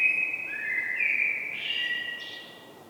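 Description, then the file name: Common blackbird with a continuous mellow fluted phrase, gently rising and falling, then a brief higher twittered ending that fades out. "Turdus merula"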